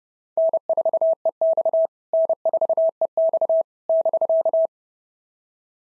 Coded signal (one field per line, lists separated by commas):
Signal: Morse code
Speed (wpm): 30 wpm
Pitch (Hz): 650 Hz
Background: none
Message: N4EX N4EX <BK>